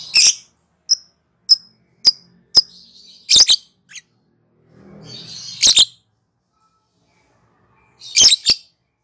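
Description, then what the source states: Lovebird with a series of short high chirps, loud harsh shrieks and a burst of soft chatter. Lovebird calling in the style called ngekek in Indonesian.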